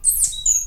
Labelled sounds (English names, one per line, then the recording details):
Stitchbird song
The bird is a male
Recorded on Tiritiri Matangi Island, New Zealand, in 2005
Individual 11, of nest box 13